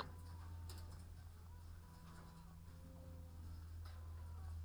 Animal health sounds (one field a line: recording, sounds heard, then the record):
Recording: poultry house recording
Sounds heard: sick chickens (respiratory disease)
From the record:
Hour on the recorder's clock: 15